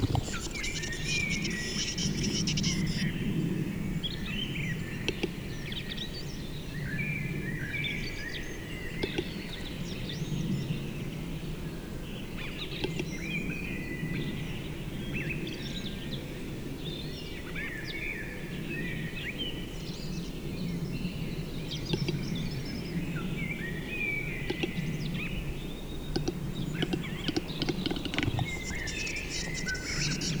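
A displaying capercaillie cock in a spring forest, among steady low rumbling and busy chirping birdsong that continues throughout the clip.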